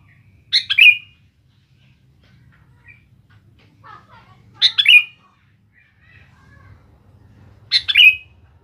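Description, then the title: Sooty-headed bulbul song: a short, bubbly chirping phrase given three times a few seconds apart, with faint low hum between. "Kutilang"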